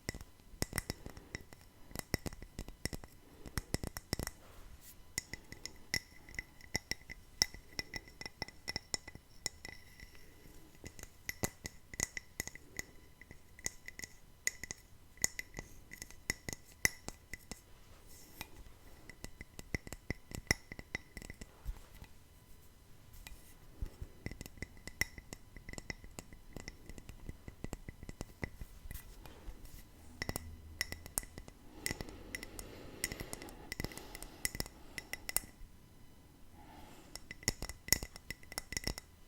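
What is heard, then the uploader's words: Tapping on hard glassy surfaces, with rapid, irregular clicks and bright clinks continuing throughout, sometimes denser in bursts, with no talking. Tapping No Talking.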